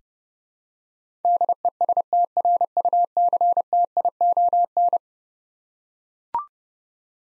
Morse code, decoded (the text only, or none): DESTRUCTION